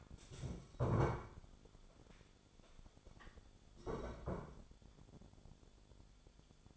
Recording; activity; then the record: daily activity, microphone in the room; stand up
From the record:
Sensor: 5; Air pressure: 1015.3 hPa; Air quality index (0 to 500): 185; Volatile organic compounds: 7 ppm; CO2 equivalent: 2008 ppm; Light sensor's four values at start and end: 35/81/32/31 and 36/81/33/31